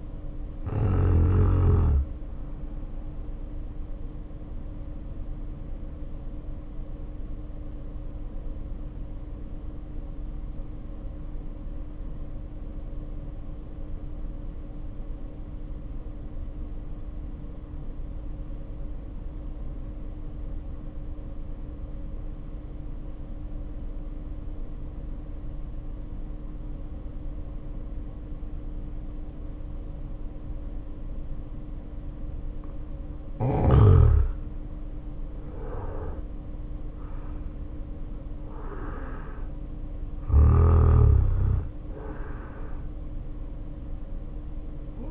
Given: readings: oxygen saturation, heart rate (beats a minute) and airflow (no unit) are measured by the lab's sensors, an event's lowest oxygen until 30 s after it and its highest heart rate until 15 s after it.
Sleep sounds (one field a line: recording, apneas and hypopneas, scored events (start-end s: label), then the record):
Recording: breathing in sleep by a smartphone at the bedside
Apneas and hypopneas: 1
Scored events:
3.00-45.11 s: new sleep stage, N1 (lightest sleep)
4.00-33.40 s: hypopnea (N1, oxygen 95% highest, then 75% lowest, heart rate 50 at the start, 67 highest)
From the record:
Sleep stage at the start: N2 (light sleep)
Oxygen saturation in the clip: 75 to 95%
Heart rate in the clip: 50 to 67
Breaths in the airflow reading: 10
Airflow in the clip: -1.6 to 2.3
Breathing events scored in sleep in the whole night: 520 in 7.2 hours asleep